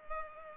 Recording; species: mosquito wingbeat signal from an infrared sensor; Culex pipiens